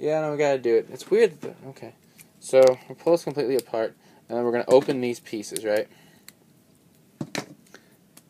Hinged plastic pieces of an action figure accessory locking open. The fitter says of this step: And they will lock in place. You hear this click sound as they all. So it's fully open.